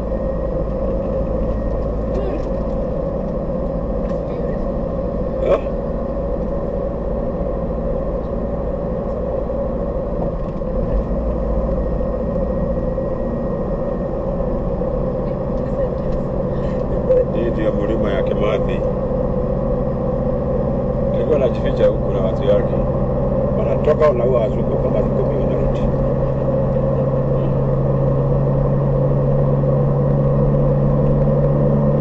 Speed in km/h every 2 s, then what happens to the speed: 35, 36, 36, 36, 37, 36, 38, 39, 40, 41, 42, 42, 43, 44, 45, 47.
0-32 speeds up to 47.